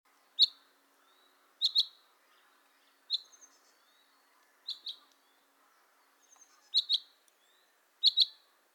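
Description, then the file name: Common chaffinch giving short, sharp high chip calls, often doubled, repeated every second or two against a quiet background. "Fringilla coelebs"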